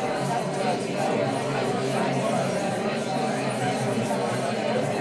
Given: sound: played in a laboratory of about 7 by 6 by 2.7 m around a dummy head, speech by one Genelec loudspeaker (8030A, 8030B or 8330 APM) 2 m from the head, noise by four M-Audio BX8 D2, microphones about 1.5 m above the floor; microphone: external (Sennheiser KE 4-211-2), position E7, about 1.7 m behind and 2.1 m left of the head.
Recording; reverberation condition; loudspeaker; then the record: babble noise; medium; four, about 170 cm from the corners of the room and facing them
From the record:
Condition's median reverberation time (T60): about 510 ms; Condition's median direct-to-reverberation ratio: about -0.5 dB